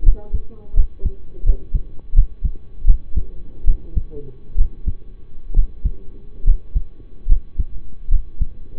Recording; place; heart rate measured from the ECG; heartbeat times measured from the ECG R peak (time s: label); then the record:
heart sounds by stethoscope; between the tricuspid and mitral areas; 74 bpm
0.03 s: heartbeat
0.74 s: heartbeat
1.44 s: heartbeat
2.13 s: heartbeat
2.85 s: heartbeat
3.65 s: heartbeat
4.56 s: heartbeat
5.54 s: heartbeat
6.44 s: heartbeat
7.27 s: heartbeat
8.09 s: heartbeat
From the record:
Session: rest, lying down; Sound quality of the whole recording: partially saturated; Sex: male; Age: 25 years